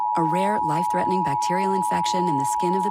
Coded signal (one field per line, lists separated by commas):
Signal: Emergency Alert System (SAME) tones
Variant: 853 and 960 Hz attention tone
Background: speech